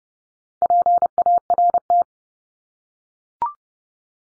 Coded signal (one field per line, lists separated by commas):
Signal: Morse code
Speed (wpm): 30 wpm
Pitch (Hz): 700 Hz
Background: none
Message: PART